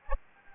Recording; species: mosquito wingbeat signal from an infrared sensor; Anopheles gambiae